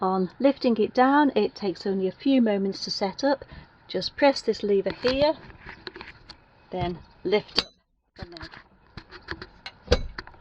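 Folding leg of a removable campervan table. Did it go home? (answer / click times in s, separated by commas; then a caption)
yes / 9.9 s. Someone talks while setting up the removable campervan table that stores above the cab, pressing a lever and lifting its folding leg. Several metallic knocks follow near the end, and the folding leg locks into place with the loudest knock at 9.9 s.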